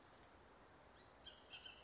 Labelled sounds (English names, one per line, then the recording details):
Bullock's Oriole
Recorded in Sonoma County, California